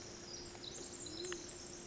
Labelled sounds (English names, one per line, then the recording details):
Pacific Wren
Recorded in Sonoma County, California